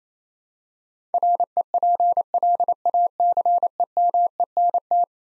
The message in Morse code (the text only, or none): REPLACEMENT